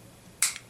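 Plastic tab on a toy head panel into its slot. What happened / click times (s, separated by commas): Plastic tab snaps into its slot / 0.4 s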